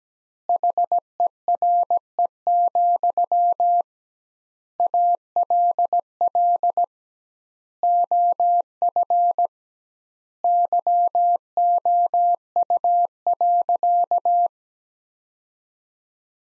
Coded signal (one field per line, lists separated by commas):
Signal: Morse code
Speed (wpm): 17 wpm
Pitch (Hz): 700 Hz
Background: none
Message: HERE, ALL OF YOU.